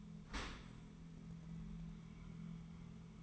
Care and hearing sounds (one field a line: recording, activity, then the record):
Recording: daily activity, microphone in the room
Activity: open dishwasher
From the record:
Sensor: 1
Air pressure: 1015.0 hPa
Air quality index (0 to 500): 25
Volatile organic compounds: 0 ppm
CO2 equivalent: 501 ppm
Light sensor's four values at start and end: 13/30/12/13 and 13/30/12/13